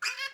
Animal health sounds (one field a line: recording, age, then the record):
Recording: pig call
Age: piglet (1 to 25 days)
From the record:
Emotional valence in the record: negative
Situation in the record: restrain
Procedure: in the arms of a person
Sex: male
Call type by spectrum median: high-frequency call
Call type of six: high-frequency stable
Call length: 0.34 s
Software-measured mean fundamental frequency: 298 Hz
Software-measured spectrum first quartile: 1980 Hz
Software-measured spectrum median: 2882 Hz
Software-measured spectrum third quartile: 5029 Hz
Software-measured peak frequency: 1645 Hz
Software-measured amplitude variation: 163 dB a second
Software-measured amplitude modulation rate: 13.3 a second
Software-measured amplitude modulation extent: 12.3 dB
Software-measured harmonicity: 7.8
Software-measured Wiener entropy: -2.10